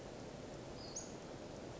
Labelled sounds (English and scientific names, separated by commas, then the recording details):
Western Flycatcher (Empidonax difficilis)
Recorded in Sonoma County, California